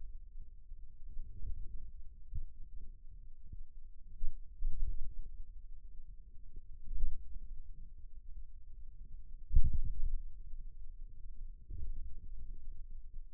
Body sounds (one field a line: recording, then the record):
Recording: forearm muscle sounds (acoustic myography)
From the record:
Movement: wrist flexion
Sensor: system 2, bracelet of six BSWA MPA416 microphones around the upper forearm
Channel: 1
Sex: male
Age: 22 years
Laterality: right